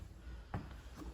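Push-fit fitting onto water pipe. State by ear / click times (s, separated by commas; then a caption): partly seated / 0.5 s. A SharkBite push-fit plumbing fitting is pushed onto a water pipe, and a single sharp click sounds at 0.5 seconds over a low, steady background. This is the first of the fitting's two clicks, so it is only partly seated; the second click has not happened yet.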